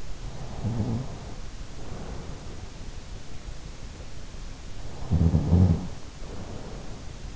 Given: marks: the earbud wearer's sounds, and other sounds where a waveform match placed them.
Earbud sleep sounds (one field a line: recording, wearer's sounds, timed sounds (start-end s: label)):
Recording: sounds in sleep by an in-ear microphone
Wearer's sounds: snoring breath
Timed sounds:
0.03-2.95 s: snoring breath
4.57-7.36 s: snoring breath